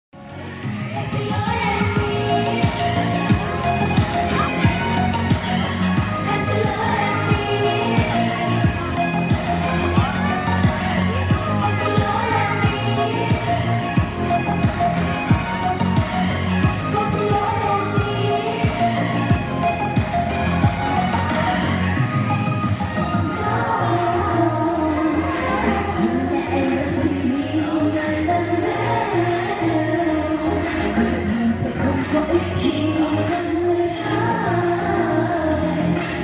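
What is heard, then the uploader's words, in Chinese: Voices shout and call over one another in a rowdy drinking and finger-guessing game in Fujian. After a quick start the din stays loud and dense for the whole stretch, a steady mass of overlapping chatter and rhythmic calls with no real pauses. 片段一：201908，福建，喝酒划拳。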